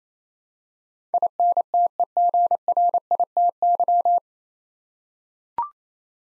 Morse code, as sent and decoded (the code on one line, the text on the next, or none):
.. -. - . --. .-. .. - -.--
INTEGRITY